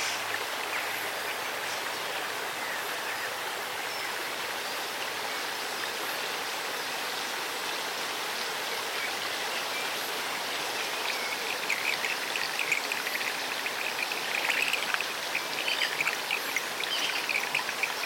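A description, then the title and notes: The River Allen, a chalk river, runs with a steady, dense rush of water, mostly a bright hiss with little low rumble. Small splashes and trickles flicker through it, growing slightly busier and louder after about twelve seconds, with no other sounds. A sonic immersion in the River Allen, UK, one of the world's few chalk rivers.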